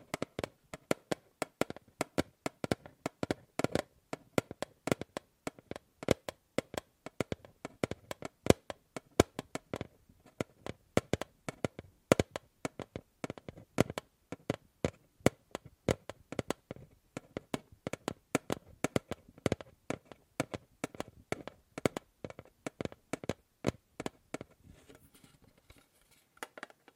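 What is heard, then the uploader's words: Tapping on objects in rapid bursts of sharp, bright clicks, sometimes quicker, sometimes slower, thinning out near the end. ASMR Fast & Slow Tapping on 6 Objects No Talking.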